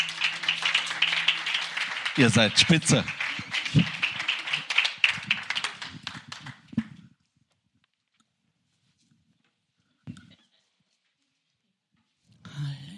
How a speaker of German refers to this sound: Vielen Dank, liebes Lobpreisteam. Gib mir mal einen Applaus.